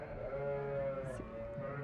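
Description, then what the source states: Sheep bleat, one long steady nasal note with rich harmonics, held for almost two seconds. A lamb.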